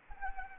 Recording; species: mosquito wingbeat signal from an infrared sensor; Anopheles arabiensis